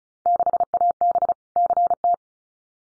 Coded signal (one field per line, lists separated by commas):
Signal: Morse code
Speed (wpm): 34 wpm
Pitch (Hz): 700 Hz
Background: none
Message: 6AB CT